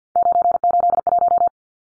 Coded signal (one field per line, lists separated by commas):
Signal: Morse code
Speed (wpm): 50 wpm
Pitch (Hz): 700 Hz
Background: none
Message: 981